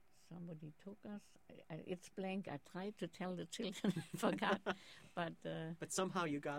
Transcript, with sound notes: somebody took us - it's blank. I tried to tell the children, I forgot, (both laugh) but,
But somehow you got there.